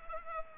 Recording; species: mosquito wingbeat signal from an infrared sensor; Culex pipiens